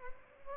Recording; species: mosquito wingbeat signal from an infrared sensor; Aedes albopictus